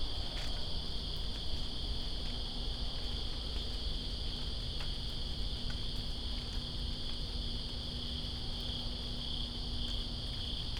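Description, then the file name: High, constant cricket trills fill the background while rain falls steadily, with intermittent clicks from water drops. Greensboro, September 2, 2017, in rain. "Greensboro Crickets And Rain September 02 2017"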